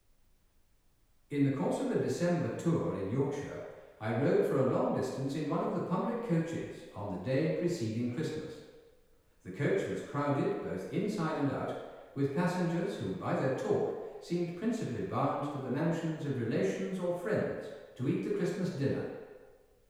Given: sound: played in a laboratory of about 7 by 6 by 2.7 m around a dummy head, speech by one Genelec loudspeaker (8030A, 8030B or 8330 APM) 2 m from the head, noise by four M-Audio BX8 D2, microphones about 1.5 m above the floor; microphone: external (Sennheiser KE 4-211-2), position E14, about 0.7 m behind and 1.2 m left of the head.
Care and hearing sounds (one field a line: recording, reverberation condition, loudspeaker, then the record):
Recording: male speech in English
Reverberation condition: high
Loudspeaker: 90 degrees to the right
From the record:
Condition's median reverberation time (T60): about 1300 ms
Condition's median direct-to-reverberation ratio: about -4.0 dB